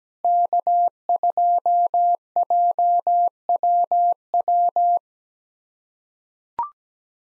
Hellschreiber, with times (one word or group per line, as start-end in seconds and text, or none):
none